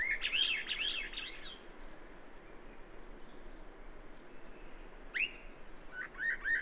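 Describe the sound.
Bird song opening with a quick warbled phrase, then quiet hiss with faint whistles, and a few sharp rising notes near the end.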